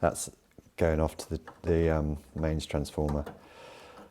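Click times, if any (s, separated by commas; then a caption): none. Someone talks while handling the main transformer's lead connector on an Elekit TU-8888 monoblock push-pull power amplifier, about to plug it into the circuit board's header. Nothing has seated or clicked yet.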